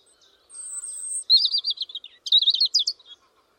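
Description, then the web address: European robin song beginning with a long, very high thin whistle, followed by a fast series of rippling, wavering notes and a final sparkling, jumbled flourish. "Deverinetal 2025 File origin Bird Only Er Ru"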